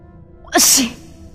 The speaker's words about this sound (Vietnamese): Triển Chiêu đột nhiên hắt xì. Bạch Phúc đến gần hỏi: Triển đại nhân, bị lạnh sao?